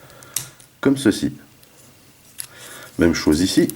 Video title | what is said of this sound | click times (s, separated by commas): SS-51 Soundwave | ensuite on enlève le reste du bras qui va venir se clipser comme ceci même | 0.4 s